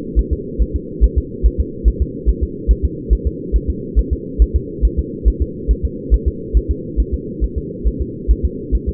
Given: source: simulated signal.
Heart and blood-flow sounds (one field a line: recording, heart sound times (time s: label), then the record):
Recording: fetal heart sounds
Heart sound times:
0.19 s: S1
0.33 s: S2
0.62 s: S1
0.76 s: S2
1.04 s: S1
1.18 s: S2
1.46 s: S1
1.60 s: S2
1.88 s: S1
2.02 s: S2
2.29 s: S1
2.43 s: S2
2.71 s: S1
2.85 s: S2
3.13 s: S1
3.27 s: S2
3.56 s: S1
3.70 s: S2
3.99 s: S1
4.13 s: S2
4.42 s: S1
4.56 s: S2
4.85 s: S1
4.99 s: S2
5.28 s: S1
5.42 s: S2
5.71 s: S1
5.85 s: S2
6.14 s: S1
6.28 s: S2
6.57 s: S1
6.71 s: S2
7.00 s: S1
7.14 s: S2
7.44 s: S1
7.58 s: S2
7.88 s: S1
8.01 s: S2
8.31 s: S1
8.45 s: S2
8.75 s: S1
8.89 s: S2
From the record:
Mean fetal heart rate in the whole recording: 140 bpm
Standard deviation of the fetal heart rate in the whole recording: 2 bpm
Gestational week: 34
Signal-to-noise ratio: -4.1 dB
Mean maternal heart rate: no maternal heart sound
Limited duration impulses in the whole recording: absent